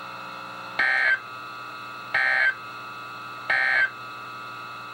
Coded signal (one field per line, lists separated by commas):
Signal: Emergency Alert System (SAME) tones